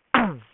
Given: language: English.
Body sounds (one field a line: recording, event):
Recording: throat vibration sensor signal played as sound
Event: throat clearing